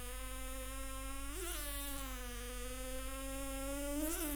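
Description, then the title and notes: Fly wingbeats: a steady droning buzz with rich harmonics, briefly rising in pitch twice, continuous throughout. Flies stuck on a sticky flypaper trap, beating their wings in desperation; Arlebosc, Auvergne-Rhône-Alpes, France. "Arlebosc, Auvergne-Rhône-Alpes, France - Le requiem des mouches. Le concert/requiem des mouches. Collés sur leur piège de papier gluant, Je capte quelques battements d'ailes de désespoir. Prise de sons : JF CAVRO"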